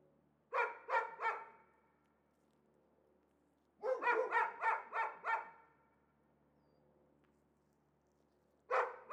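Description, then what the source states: Dog barking in bursts: three quick barks, a pause, a run of six, then another bark at the end, with a low steady hum beneath. Two or perhaps three dogs, apparently caged and unseen, excite each other at the slightest outside noise; Chamonix-Mont-Blanc, Auvergne-Rhône-Alpes, France; continuous rush of the Arveyron river in the distance.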